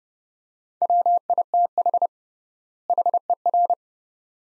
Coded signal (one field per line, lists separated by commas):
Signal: Morse code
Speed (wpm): 30 wpm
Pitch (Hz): 700 Hz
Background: none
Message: WITH HER